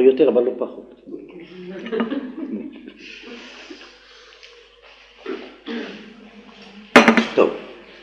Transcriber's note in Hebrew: צחוק